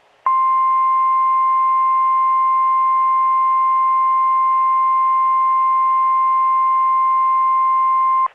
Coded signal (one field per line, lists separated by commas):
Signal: Emergency Alert System (SAME) tones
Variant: 1050 Hz attention tone